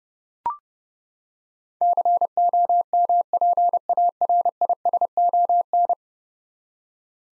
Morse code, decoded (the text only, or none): COMPARISON